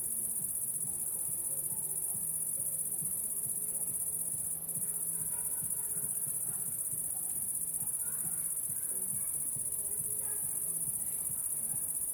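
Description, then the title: Cricket song: a persistent high-pitched trill, with low humming and scattered faint chirping sounds beneath it. Recorded at La Sablière, Saint-Privat-de-Champclos, France, with a Zoom H6 and M/S microphone. "30430 Saint-Privat-de-Champclos, France - cricket la sabliére"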